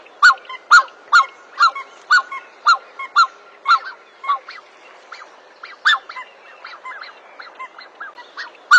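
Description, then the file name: Black-necked swan honking in a fairly steady run of short, reedy notes, roughly two per second, later becoming softer and less regular. "Canto do cisne de pescoco preto"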